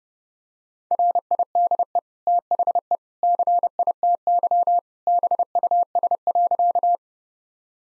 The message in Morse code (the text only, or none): RIDE THE CITY BUS.